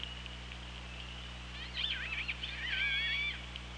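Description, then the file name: Killer whale calls: a quick run of wavering, warbling tones sweeping up and down, then a steadier whistled note with harmonics, over low hum and hiss. Recorded on the OrcaLab hydrophone, 24 August 2017, at 18:05. "Orca Lab UTLN JASON 20170824 180539"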